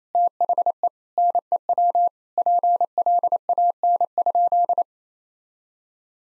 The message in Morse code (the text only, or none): THE NEW PLAN?